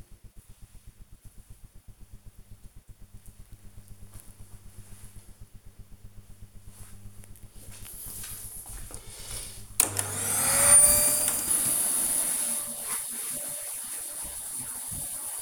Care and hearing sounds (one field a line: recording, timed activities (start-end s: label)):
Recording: household activities, microphone on the right wrist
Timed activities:
9.74-15.42 s: vacuum cleaning